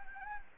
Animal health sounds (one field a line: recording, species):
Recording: mosquito wingbeat signal from an infrared sensor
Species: Anopheles arabiensis